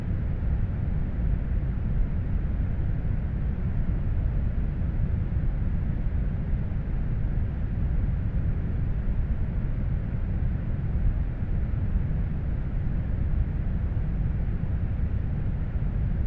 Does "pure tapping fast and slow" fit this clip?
no